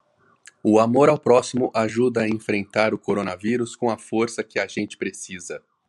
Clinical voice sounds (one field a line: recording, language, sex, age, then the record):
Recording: spoken sentence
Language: Brazilian Portuguese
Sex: female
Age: 20 to 29 years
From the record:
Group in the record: control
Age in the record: 25 years